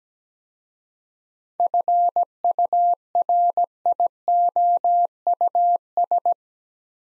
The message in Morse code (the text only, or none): FURIOUS